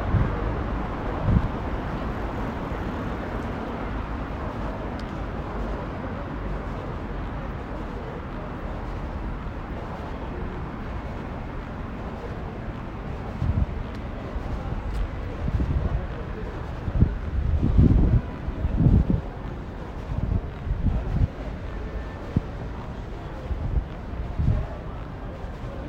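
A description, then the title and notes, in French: Street sound in Pigalle: a steady low rumble of traffic, with louder thumps and passing vehicles clustering in the second half. Son original des rue de Pigalle.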